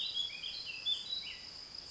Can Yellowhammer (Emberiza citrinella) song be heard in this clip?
no